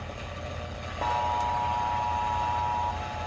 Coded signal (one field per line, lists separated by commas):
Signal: Emergency Alert System (SAME) tones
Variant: 853 and 960 Hz attention tone